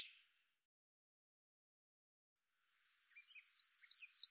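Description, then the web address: Bird song: a short high burst, a long silence, then a run of thin, high whistled notes repeated about three times a second. "Deverinetal 2025"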